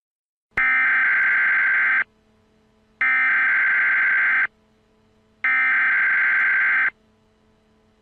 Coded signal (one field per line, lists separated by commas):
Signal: Emergency Alert System (SAME) tones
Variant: header bursts